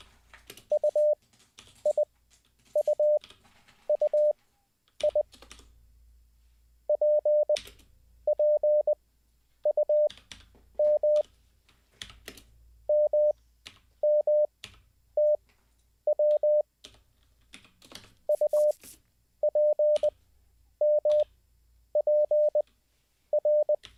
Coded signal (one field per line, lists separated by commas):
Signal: Morse code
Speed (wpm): 20 wpm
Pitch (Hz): 600 Hz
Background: none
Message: UIUUI PPUM MMTW UPMPR